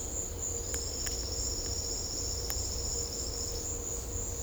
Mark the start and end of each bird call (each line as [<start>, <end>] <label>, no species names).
[0.58, 3.65] bird call